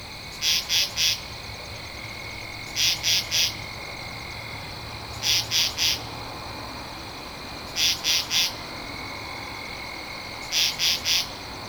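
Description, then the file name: Katydid rasping in three-pulse bursts at a steady rhythm, about one group every two and a half seconds, over a constant high-pitched background hum of insects. Recorded 2 October 2012. "Katydid-20121002"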